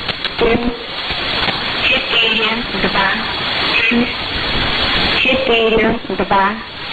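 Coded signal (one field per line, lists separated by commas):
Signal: numbers station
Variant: S06s, Russian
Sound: a woman's voice reading short Russian words over noisy shortwave static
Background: radio static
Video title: 19 03 2019 S06s Russian Lady numbers station in Russian to Eu 0731 on 7425 unknown tx site USB+AM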